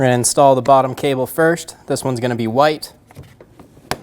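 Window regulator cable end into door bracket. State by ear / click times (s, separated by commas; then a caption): seated / 3.9 s. Someone talks, then the white lower window regulator cable end on a 2008-2015 Scion xB front door is pushed up into its plastic door bracket. A few faint ticks follow as it is worked in, and then a sharp click at 3.9 s marks it locking down into place.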